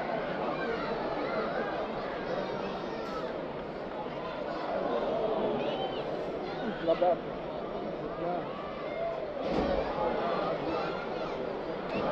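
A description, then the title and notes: A large crowd fills the arena at a wrestling event, voices blending into a dense, steady roar of chatter and shouting. The level holds fairly even throughout, with a surge of louder voices around nine to ten seconds and a couple of sharp knocks near seven. Wrestling at Madison square garden. Mostly of people chanting!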